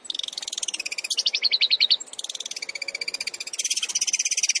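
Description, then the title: Long-tailed shrike song: a rapid, continuous run of high trilled notes. Full rapid-fire (tembakan) song, used as masteran training material for other shrikes. "MASTERAN CENDET FULL TEMBAKAN BUAT MASTERAN CENDET MANAPUN"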